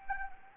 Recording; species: mosquito wingbeat signal from an infrared sensor; Anopheles gambiae